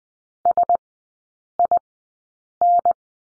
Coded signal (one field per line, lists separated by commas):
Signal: Morse code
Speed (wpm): 20 wpm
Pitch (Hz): 700 Hz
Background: none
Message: SIN